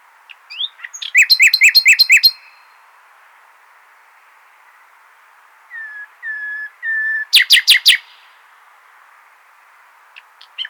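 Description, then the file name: Common nightingale singing a fast series of loud repeated notes, then after a silence three soft drawn-out whistles followed by a quick burst of sharp clicks. "Luscinia megarhynchos"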